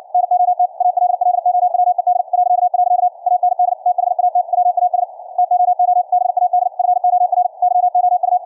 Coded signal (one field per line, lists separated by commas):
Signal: Morse code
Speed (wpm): 64 wpm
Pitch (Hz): 720 Hz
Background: none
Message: NOT ALLOWED .. AND THAT WAS TOO BAD FOR YOU